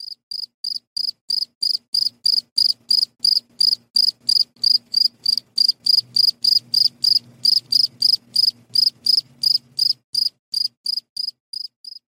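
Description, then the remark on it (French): A male cricket chirps by rubbing its two tegmina (forewings) against each other, in a steady, regular series of about thirty high-pitched pulses, loud and uniform, with a faint low hum underneath and no talking. “Donc vous aurez reconnu probablement le son des grillons.”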